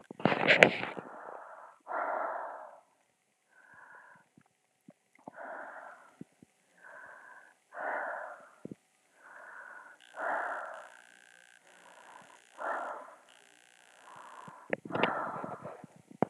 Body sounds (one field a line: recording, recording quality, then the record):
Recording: deep breathing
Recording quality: excellent, no background noise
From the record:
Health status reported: exposed to COVID-19, no respiratory illness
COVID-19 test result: negative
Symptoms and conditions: fatigue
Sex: female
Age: 47 years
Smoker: yes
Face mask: not worn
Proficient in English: yes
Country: France